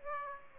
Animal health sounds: mosquito wingbeat signal from an infrared sensor; Aedes aegypti

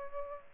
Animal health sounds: mosquito wingbeat signal from an infrared sensor; Aedes aegypti

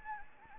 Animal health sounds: mosquito wingbeat signal from an infrared sensor; Anopheles gambiae

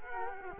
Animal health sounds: mosquito wingbeat signal from an infrared sensor; Culex quinquefasciatus

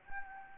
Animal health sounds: mosquito wingbeat signal from an infrared sensor; Anopheles gambiae

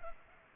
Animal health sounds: mosquito wingbeat signal from an infrared sensor; Culex pipiens

